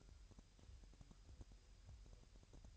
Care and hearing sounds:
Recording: daily activity, microphone in the room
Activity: take from stove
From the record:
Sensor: 2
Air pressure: 1001.8 hPa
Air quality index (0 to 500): 245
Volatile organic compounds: 34 ppm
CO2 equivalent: 3039 ppm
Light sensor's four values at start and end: 5/11/4/5 and 5/11/4/5

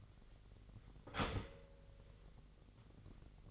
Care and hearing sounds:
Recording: daily activity, microphone in the room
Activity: start toaster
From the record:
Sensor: 4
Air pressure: 1002.7 hPa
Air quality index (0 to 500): 234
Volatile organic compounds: 16 ppm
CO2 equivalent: 2539 ppm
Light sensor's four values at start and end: 21/74/27/27 and 18/60/22/22

